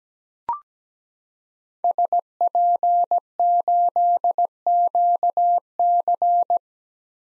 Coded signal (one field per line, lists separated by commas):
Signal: Morse code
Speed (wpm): 17 wpm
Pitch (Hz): 700 Hz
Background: none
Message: SP8QC